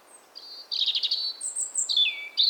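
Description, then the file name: European robin song: a short thin note, a fluttering trilled phrase, very high whistles, then a quick downslurred warble. "Erithacus rubecula"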